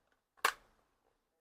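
A removable module, either the tank or the bin, is pressed into a robot vacuum cleaner. A faint tick at 0.4 s leads into a loud, sharp click at 0.5 s, which rings briefly and fades by about 0.8 s. The part seats into place.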